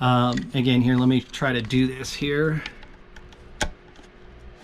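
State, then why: Partly seated. Someone talks, then faint ticks at 3.2 s and 3.3 s lead into a sharp click at 3.6 s as a five-pin wiring connector is pushed into a replacement Finnmark Designs sauna controller. The connector is deliberately left short of fully home to show a bad fit, so it is not fully seated.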